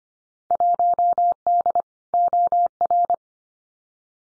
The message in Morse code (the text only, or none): 1D OR